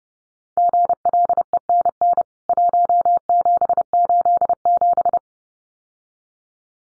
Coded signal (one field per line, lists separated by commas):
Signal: Morse code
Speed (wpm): 30 wpm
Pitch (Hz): 700 Hz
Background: none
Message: GLENN 1787